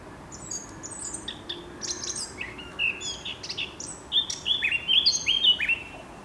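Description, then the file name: Eurasian blackcap singing a chattering, scratchy warble that swells into a burst of rich, clear whistled phrases near the end, notes tumbling quickly one after another. "Sylvia atricapilla"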